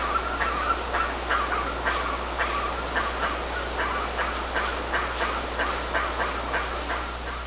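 Bird calls: short repeated notes in quick succession, set against heavy steady hiss and a low hum throughout.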